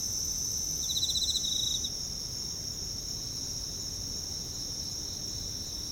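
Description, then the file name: Insects at night, a single quick pulsed trill near the start, then only a continuous thin high whine of other insects over faint low background noise. Night, Kashiwa Town, Japan; bugs with town ambience; mid-side stereo. "Japan Kashiwa Town Night Bugs and Ambience"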